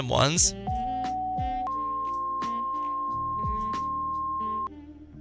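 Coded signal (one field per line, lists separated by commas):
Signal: two-tone page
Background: speech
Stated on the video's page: Two-tone page from a Motorola QCII tone setup in the SCNP25 radio script for FiveM, a game.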